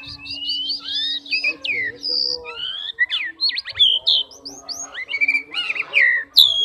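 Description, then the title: Oriental magpie-robin singing a varied stream of sweet whistled notes, quick slurs and chirps, rising and falling, with a faint low hum at times. "kacer"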